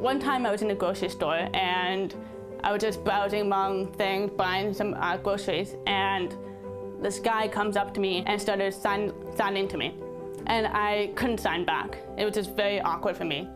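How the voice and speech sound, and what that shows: A woman, deaf since age 2, tells a story in fluent, connected speech with strong nasal resonance on vowels and some devoiced word endings, over soft steady background music. She learned to speak through speech therapy rather than sign language and now uses an implant. These features fit a deaf accent.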